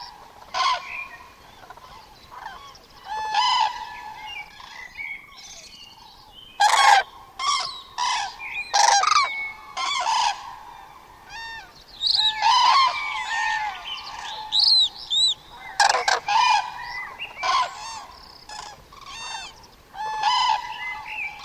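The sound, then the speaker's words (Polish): Common cranes calling: loud, rolling trumpet-like bugles from several birds overlap and repeat throughout, with sharper bursts rising above the steady chorus and no voices. “Pogoda robi się powoli nieco melancholijna, tak jak melancholijny jest klangor żurawi. Ten donośny głos niesie się w otwartym terenie przez wiele kilometrów.”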